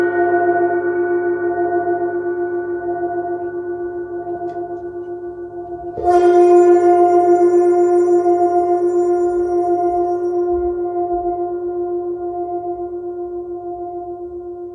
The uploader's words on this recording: 30-Day Neptune Gong Challenge.